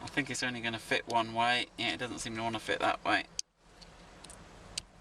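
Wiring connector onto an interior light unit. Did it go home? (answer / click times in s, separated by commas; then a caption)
yes / 4.8 s. Someone talks while trying to fit the bulb holder's wiring connector onto the interior light unit of a Range Rover Evoque during a blue LED interior bulb upgrade; it only fits one way. After a quiet pause with a couple of faint ticks, a sharp click at 4.8 s marks the connector seating onto the light unit once the right orientation is found.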